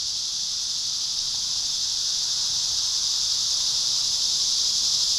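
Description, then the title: Cicadas producing a smooth, continuous high drone that swells slightly louder toward the end. Cicadas at Trinity. "neoscenes: cicadas at Trinity"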